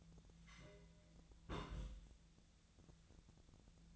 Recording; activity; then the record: daily activity, microphone in the room; place on stove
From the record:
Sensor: 3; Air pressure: 1009.9 hPa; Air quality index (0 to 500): 188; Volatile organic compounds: 14 ppm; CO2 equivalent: 2449 ppm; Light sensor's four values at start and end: 41/103/44/47 and 41/103/44/47